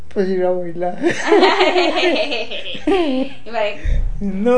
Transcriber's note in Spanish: risas